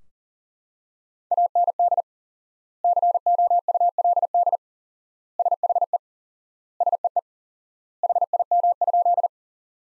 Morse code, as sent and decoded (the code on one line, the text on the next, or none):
.- -. -.. / -.-. --- ..- .-.. -.. / ... .... . / ... . . / .... .. -- ..--..
AND COULD SHE SEE HIM?